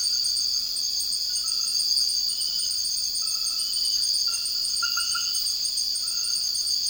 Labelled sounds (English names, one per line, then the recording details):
none
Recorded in dense forest near Puerto Asís, Putumayo, Colombia, on 19 February 2024 at 02:00
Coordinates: 0.481, -76.318
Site G6421